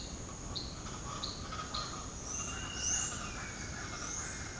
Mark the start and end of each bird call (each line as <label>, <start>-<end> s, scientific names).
Ortalis guttata, 0.00-4.59 s
Thraupis palmarum, 2.22-4.59 s
unidentified bird, 2.31-4.59 s